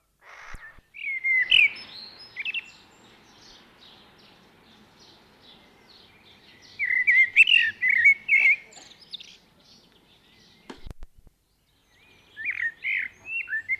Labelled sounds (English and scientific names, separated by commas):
Common Blackbird (Turdus merula) song